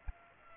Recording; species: mosquito wingbeat signal from an infrared sensor; Aedes aegypti